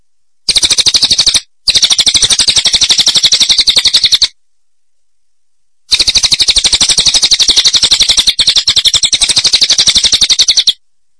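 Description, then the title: Bird chirping in fast, unbroken high-pitched trills, two long bursts of several seconds separated by a short pause, with a brief break early on. "burung online"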